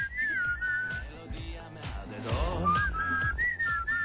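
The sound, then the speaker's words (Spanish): A parish priest from Iquique, Chile, whistles a wavering, high melody with sliding notes, pausing briefly in the middle, over a steady, rhythmic low-pitched musical backing. No one speaks. “Eso es lo que iba silbando el cura párroco de Iquique en Chile.”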